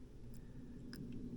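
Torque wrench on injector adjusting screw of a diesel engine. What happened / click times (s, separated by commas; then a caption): The click-type torque wrench broke at its low setting / 0.9 s. A small click-type, non-ratcheting inch-pound torque wrench is pulled on a steel injector adjusting screw of a diesel engine with the lock nut backed off. Against a low, steady hum, a faint, brief click sounds at 0.9 s as the wrench breaks at its 5 inch-pound setting.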